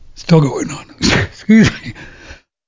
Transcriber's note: laughs